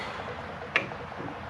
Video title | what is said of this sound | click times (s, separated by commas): Fixing Disc Brakes - '86 Ford Diesel Ranger 4x4 - Man About Home | You can hear it click in. | 0.8 s